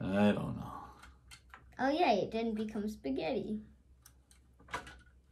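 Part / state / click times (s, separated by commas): small plastic kit part / partly seated / 4.7 s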